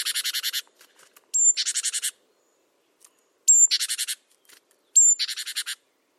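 Great tit call: a rasping pulsed chatter already under way at the start, then three times a thin high note followed by a rasping pulsed chatter, with short silent gaps.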